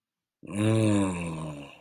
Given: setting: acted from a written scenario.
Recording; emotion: vocal sound without words; desire